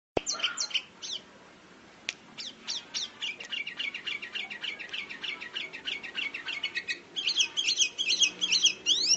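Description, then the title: Sooty-headed bulbul calling in quick runs of high, sharply falling chirps, several per second, growing denser and louder toward the end. "Suara Burung Kutilang"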